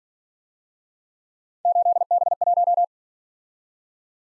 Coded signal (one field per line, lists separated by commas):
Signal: Morse code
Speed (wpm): 50 wpm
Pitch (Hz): 700 Hz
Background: none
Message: 8B1